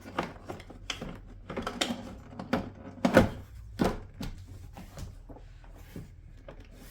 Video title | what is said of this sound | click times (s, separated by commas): Lexus rx330 center console assembly and cuphold door repair | and then it and then it basically clicks into place like | 0.2 s, 0.9 s